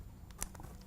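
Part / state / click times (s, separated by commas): network cable conductor into Cat6 jack terminal / not seated / none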